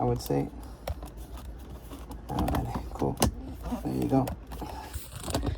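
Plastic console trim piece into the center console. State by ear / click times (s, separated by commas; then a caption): partly seated / 5.3 s. A plastic console trim piece is pressed into the center console of a 2019–21 Toyota RAV4 during an OEM LED ambient lighting lamp install while someone talks. Sharp snaps are heard at 5.3 and 5.4 seconds. The piece snaps in on one side only and is not fully seated yet.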